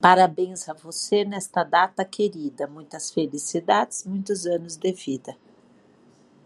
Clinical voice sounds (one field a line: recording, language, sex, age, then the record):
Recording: short text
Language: Brazilian Portuguese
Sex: female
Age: 50 to 59 years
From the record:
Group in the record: control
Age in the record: 52 years